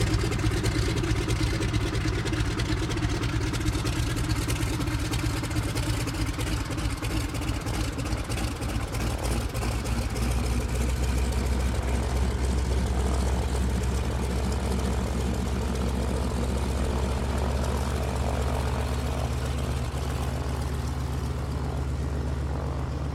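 A single-engine piston prop plane drones steadily, a deep throbbing hum with a buzzing propeller beat riding over it. The sound stays loud and even throughout, its low rumble thickening slightly after about ten seconds as the engine note settles lower.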